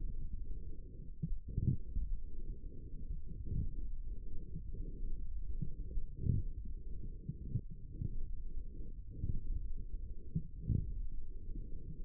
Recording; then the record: forearm muscle sounds (acoustic myography)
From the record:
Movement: forearm supination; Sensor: system 1, eight BSWA MPA416 microphones around the upper forearm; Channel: 3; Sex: female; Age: 22 years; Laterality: right